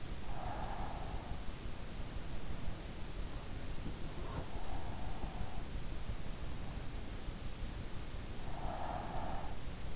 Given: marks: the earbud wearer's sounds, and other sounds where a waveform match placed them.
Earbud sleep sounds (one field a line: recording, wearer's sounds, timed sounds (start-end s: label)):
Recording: sounds in sleep by an in-ear microphone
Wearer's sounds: breath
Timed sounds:
0.00-1.58 s: breath
8.51-9.76 s: breath